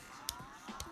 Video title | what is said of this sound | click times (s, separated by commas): Transformers: Power of The Primes Deluxe Class Swoop | of course you see there's the peg here too is winged locks into place | 0.3 s